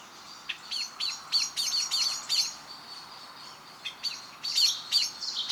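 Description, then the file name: Common blackbird uttering clipped, high metallic notes in quick irregular clusters, quieter for a moment midway, then resuming. "Turdus merula"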